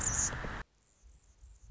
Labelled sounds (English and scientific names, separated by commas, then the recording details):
Anna's Hummingbird (Calypte anna)
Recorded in Sonoma County, California